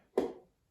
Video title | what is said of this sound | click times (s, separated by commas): Ventilator Vid 1 -Bellows | clockwise and then it drops down you might have heard the click | 0.2 s